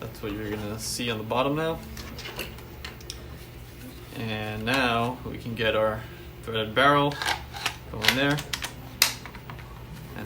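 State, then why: Seated. A pistol with a threaded barrel is pushed down into a polymer retention holster fitted with a barrel stop while someone talks, with small handling taps and clicks along the way. A sharp, loud click at 9.0 seconds marks the pistol locking into the holster's retention.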